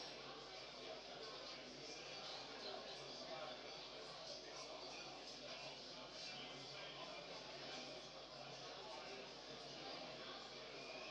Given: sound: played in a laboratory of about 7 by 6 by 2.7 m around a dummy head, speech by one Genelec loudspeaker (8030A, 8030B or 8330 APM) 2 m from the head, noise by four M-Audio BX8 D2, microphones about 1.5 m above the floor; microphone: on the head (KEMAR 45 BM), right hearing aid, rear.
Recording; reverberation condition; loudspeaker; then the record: cafeteria noise; medium; four, about 170 cm from the corners of the room and facing them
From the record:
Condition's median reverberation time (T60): about 510 ms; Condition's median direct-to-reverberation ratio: about -0.5 dB